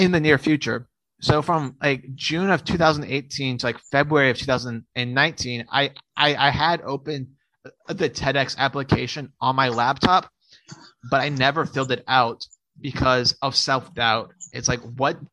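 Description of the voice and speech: An adult man who stutters, a self-published author and TEDx speaker on the topic of stuttering, speaks in a conversational monologue. Silent pauses come before words like "the", and he repeats "I" with a stretched vowel and hard glottal onsets. These breaks in an otherwise fluent flow are mild stuttering with blocks and word repetitions.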